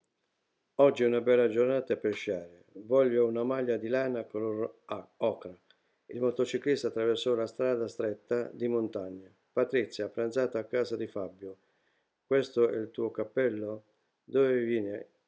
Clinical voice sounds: read phrases; Italian; male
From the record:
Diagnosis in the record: healthy control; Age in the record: 68 years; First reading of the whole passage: 59 s, 8.4 characters per second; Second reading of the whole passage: 56 s, 8.8 characters per second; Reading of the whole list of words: 34 s, 8.3 characters per second

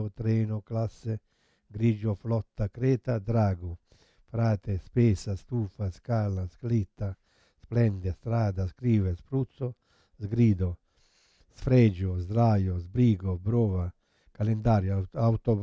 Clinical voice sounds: read list of words; Italian; male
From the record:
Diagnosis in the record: Parkinson's disease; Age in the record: 71 years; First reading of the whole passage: 50 s, 10.4 characters per second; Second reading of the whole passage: 45 s, 11.4 characters per second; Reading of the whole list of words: 37 s, 7.6 characters per second

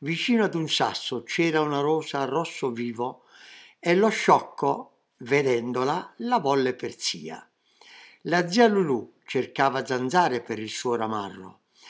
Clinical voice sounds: read passage; Italian; male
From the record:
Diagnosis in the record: healthy control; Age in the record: 77 years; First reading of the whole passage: 68 s, 7.6 characters per second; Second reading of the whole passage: 60 s, 8.3 characters per second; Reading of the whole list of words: 67 s, 4.2 characters per second

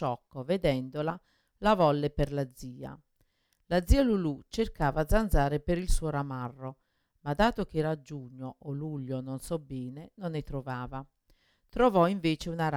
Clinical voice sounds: read passage; Italian; female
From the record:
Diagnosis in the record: Parkinson's disease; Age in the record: 61 years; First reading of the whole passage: 53 s, 9.7 characters per second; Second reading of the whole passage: 51 s, 10.1 characters per second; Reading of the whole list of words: 49 s, 5.7 characters per second

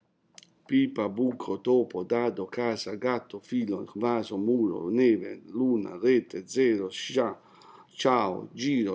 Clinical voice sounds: read list of words; Italian; male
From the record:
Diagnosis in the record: healthy control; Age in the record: 60 years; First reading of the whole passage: 60 s, 8.3 characters per second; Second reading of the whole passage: 54 s, 9.4 characters per second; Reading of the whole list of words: 38 s, 7.2 characters per second

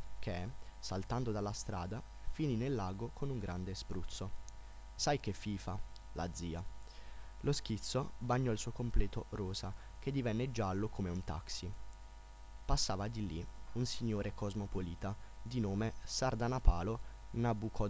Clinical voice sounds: read passage; Italian; male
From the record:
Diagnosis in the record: healthy control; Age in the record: 19 years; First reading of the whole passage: 46 s, 11.4 characters per second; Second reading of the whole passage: 54 s, 9.6 characters per second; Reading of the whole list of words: 54 s, 5.2 characters per second

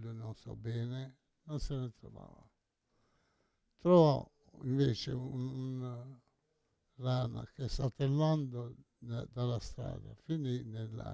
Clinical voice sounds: read passage; Italian; male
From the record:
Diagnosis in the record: Parkinson's disease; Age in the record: 68 years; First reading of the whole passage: 85 s, 6.1 characters per second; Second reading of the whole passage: 63 s, 8.2 characters per second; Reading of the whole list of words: 49 s, 5.8 characters per second

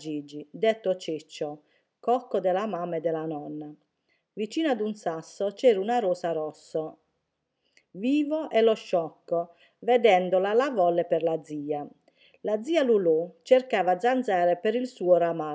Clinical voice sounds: read passage; Italian; female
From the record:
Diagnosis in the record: healthy control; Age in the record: 61 years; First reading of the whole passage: 59 s, 8.5 characters per second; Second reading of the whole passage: 54 s, 7.6 characters per second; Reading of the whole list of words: 57 s, 4.9 characters per second

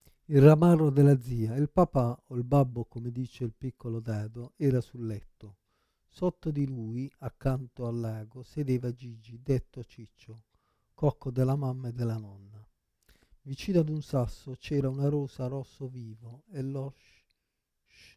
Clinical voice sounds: read passage; Italian; male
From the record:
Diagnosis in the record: Parkinson's disease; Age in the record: 56 years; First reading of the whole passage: 87 s, 6.0 characters per second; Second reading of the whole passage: 67 s, 7.8 characters per second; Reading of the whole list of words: 59 s, 4.8 characters per second

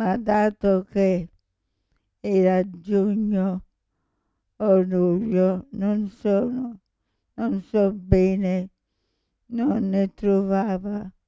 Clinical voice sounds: read passage; Italian; female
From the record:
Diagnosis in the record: Parkinson's disease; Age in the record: 65 years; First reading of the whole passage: 242 s, 2.1 characters per second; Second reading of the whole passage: 180 s, 2.9 characters per second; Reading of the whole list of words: 168 s, 1.7 characters per second

